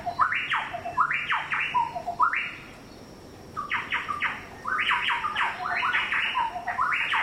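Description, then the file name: Chowchilla calls, bursts of loud ringing slurred notes, a short quiet gap, then a dense overlapping chorus of repeated phrases. "Orthonyx Spaldingii"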